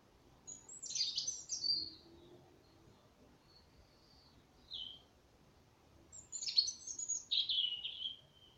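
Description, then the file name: European robin song: two thin, high, tinkling phrases with varied twittering notes, several seconds apart, with a soft isolated note between them, over a quiet background. "Erithacus rubecula"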